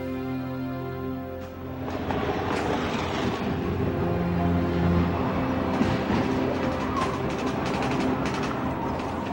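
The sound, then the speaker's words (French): The propellers of an aircraft drone in the distance at night as it nears a jungle airstrip, a steady, loud, continuous hum with layered low tones and a rough rushing texture that swells slightly after the first couple of seconds. No one speaks. “Une demi-heure plus tard, résonne au loin le bruit des hélices d'un avion.”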